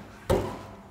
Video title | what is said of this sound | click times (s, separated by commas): Vespa P200 Restoration - PART 3 - Engine/Fork/Controls Installation | Now it's snapped. | 0.3 s